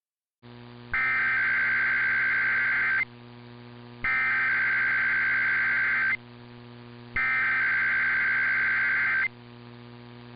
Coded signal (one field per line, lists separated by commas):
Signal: Emergency Alert System (SAME) tones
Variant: header bursts